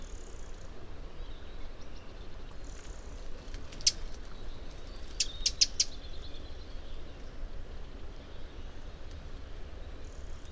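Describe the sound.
Eurasian wren calls: a few sharp, clicking ticks, some in a quick group of four, among faint buzzy notes and a low rumbling background.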